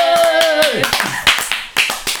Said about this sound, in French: Voilà, applaudissements à nous-mêmes, bonjour.